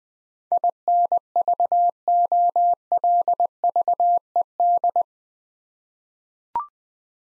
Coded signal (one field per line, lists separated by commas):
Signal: Morse code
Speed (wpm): 20 wpm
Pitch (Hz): 700 Hz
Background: none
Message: INVOLVED